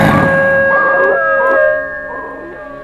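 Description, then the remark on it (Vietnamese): A pack of dogs around a house howl together in long, sustained, wavering tones that overlap in layered pitches, loud at first and then easing somewhat, with no talking. “Tiếng của đàn chó xung quanh nhà rú lên từng cơn.”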